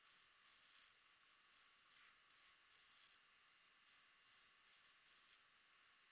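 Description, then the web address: Striped ground cricket producing high buzzy trills of varying length, some short pulses and some longer drawn-out bursts, in irregular groups. "Crickets and Katydids. Striped Ground Cricket, Allonemobius fasciatus"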